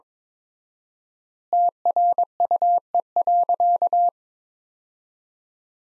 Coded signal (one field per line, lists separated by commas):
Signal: Morse code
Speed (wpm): 22 wpm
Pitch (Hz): 700 Hz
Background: none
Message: TRUE.